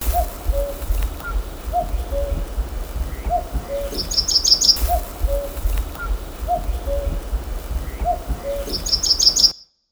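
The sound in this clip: Cuckoo calling: a falling two-note cu-coo repeated about every one and a half seconds, over a low rumble, with another bird's brief high trill twice.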